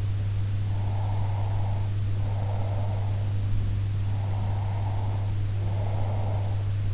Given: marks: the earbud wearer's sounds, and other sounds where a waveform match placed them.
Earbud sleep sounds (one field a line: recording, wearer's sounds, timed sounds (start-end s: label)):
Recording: sounds in sleep by an in-ear microphone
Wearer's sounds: breath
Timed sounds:
0.72-3.35 s: breath
3.98-6.78 s: breath